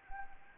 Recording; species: mosquito wingbeat signal from an infrared sensor; Anopheles arabiensis